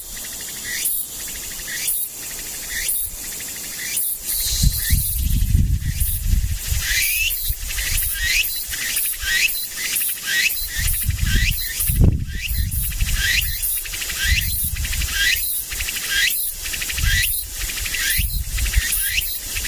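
A tsukutsukuboshi cicada calls in steady, rapid bright pulses about twice a second, while a low rumble swells underneath from around five seconds.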